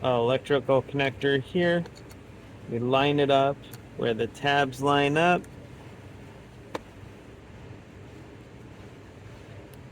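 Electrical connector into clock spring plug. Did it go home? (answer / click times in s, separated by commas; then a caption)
yes / 6.8 s. Someone talks while lining up the tabs of an electrical connector with the clock spring plug on a 2011–2023 Chrysler 300 during a clock spring replacement, done to resolve airbag light and horn issues. The connector is pushed in and snaps into place with a single sharp click at 6.8 s, followed by quiet background noise.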